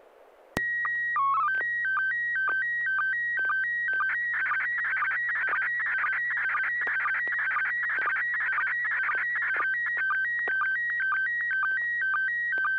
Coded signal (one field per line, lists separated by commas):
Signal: SSTV (slow-scan television)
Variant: PD 120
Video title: N6NA SSTV Net - 03/18/2026